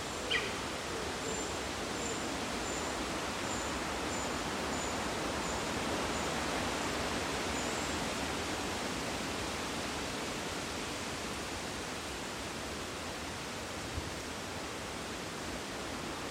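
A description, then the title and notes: A steady, dense wash of summer breeze through oak leaves holds even throughout, with faint high insect-like chirps repeating early on. Summer Breeze in the Trees, Malvern Hills UK - Binaural. Oaks swaying in the summer breeze - Binaural Nature Soundscape. Recorded by Mike Rucinski. Today the recording location is up and over Ragged Stone Hill, then steep down into a woodland made up of mostly Beech and Oak (at least where I was situated).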